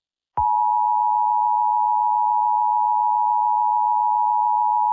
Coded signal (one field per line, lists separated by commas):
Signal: Emergency Alert System (SAME) tones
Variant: 853 and 960 Hz attention tone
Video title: The Dead Crowd 1&2: (EAS Scenarios)